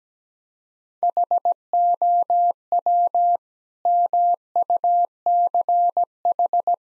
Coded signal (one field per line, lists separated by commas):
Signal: Morse code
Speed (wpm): 17 wpm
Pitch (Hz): 700 Hz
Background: none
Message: HOW MUCH